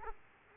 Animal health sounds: mosquito wingbeat signal from an infrared sensor; Aedes aegypti

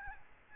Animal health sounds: mosquito wingbeat signal from an infrared sensor; Aedes albopictus

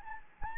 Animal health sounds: mosquito wingbeat signal from an infrared sensor; Anopheles gambiae

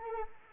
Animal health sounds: mosquito wingbeat signal from an infrared sensor; Anopheles arabiensis

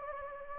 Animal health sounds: mosquito wingbeat signal from an infrared sensor; Anopheles gambiae

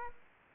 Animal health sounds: mosquito wingbeat signal from an infrared sensor; Aedes aegypti

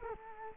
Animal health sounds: mosquito wingbeat signal from an infrared sensor; Culex quinquefasciatus

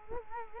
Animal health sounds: mosquito wingbeat signal from an infrared sensor; Culex quinquefasciatus

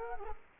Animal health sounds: mosquito wingbeat signal from an infrared sensor; Culex quinquefasciatus

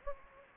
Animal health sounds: mosquito wingbeat signal from an infrared sensor; Anopheles gambiae

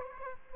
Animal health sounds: mosquito wingbeat signal from an infrared sensor; Aedes aegypti

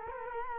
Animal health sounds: mosquito wingbeat signal from an infrared sensor; Culex quinquefasciatus

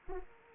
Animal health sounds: mosquito wingbeat signal from an infrared sensor; Anopheles arabiensis

